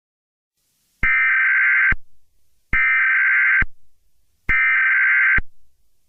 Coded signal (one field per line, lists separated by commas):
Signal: Emergency Alert System (SAME) tones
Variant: header bursts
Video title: EAS Mini Scenario - Crisis City